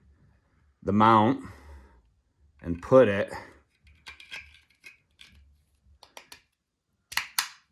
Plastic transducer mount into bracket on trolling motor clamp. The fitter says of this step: see and it'll actually kind of snap in place even without the machine screw in there